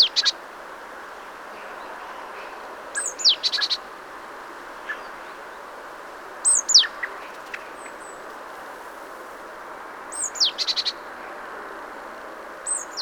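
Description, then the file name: Great tit giving sparse calls: a high downslurred whistle, then a brief buzzy trill, spaced several seconds apart against a low rushing background. "Parus major"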